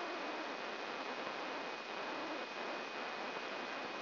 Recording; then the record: brain microelectrode recording played as sound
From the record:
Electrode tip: inside the subthalamic nucleus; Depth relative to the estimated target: -1 mm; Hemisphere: right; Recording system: AlphaMap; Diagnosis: Parkinson's disease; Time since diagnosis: 9 years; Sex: male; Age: 66 years